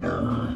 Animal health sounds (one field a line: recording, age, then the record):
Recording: pig call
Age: growing-finishing pig (85 days or more)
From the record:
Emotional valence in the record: negative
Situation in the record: barren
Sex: male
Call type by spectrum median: low-frequency call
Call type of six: low-frequency modulated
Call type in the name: low-frequency modulated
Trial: 2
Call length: 0.56 s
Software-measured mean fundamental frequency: 57 Hz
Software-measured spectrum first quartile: 200 Hz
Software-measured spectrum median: 363 Hz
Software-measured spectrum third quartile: 853 Hz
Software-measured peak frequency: 245 Hz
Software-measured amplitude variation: 122 dB a second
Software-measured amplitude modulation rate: 25.9 a second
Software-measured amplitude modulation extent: 4.7 dB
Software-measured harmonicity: -0.7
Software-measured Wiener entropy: -1.22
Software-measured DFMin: 948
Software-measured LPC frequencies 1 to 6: 364, 1281, 3122, 4775, 5538, 6544 Hz